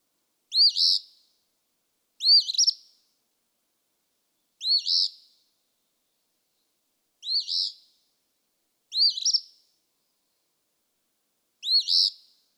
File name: Eastern Phoebe